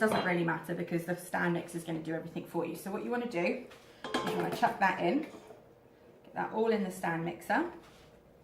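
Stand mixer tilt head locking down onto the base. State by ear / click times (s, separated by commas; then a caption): not seated / none. Someone talks while handling a stand mixer's tilt head, which locks down onto the base using a side handle. The head has not yet locked into place; nothing has seated or clicked by the end of the clip.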